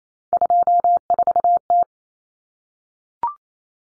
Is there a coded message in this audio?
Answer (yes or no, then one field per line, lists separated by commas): yes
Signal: Morse code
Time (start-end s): 0.3-1.8 s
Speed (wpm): 28 wpm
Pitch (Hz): 700 Hz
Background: none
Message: 24T